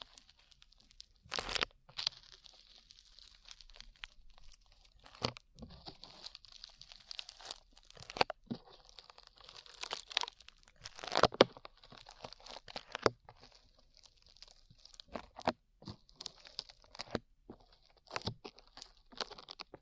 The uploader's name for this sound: ASMR SLIME